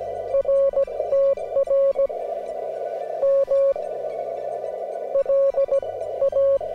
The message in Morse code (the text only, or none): RTR M L A